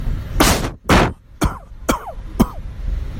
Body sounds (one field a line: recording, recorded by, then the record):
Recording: voluntary cough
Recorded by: messaging app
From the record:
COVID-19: negative